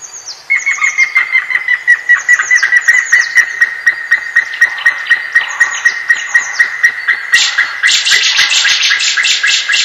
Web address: white-tailed eagle